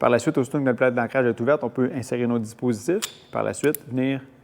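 Someone talks while handling an open Origin TT rope-rescue anchor plate, about to insert devices before closing and locking its metal locking pins. Only speech is heard, and the clip ends before any pin snaps shut; nothing has clicked or seated yet.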